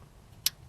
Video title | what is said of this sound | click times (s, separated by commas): '09 KIA Spectra EX: Replacing Radiator, Thermostat, and Engine Coolant Temperature Sensor | that clicked | 0.5 s